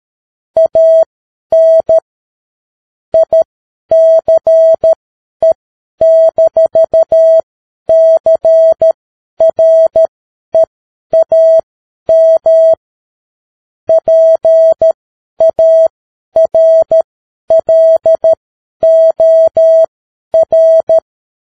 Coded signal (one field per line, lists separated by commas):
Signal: Morse code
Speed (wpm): 13 wpm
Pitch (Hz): 650 Hz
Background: none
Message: AN ICE-CREAM PARLOR